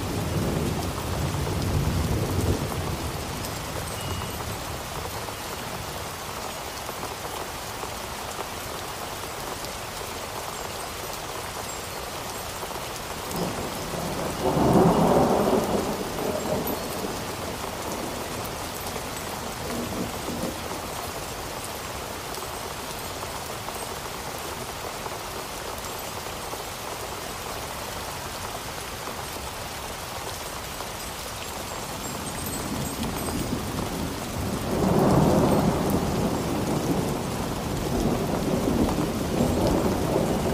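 A storm with steady rain hissing throughout, a dense, even patter that never lets up. Low rumbles of thunder swell at the very start, again around 14–16 seconds, and from about 33 seconds to the end, each building and fading slowly.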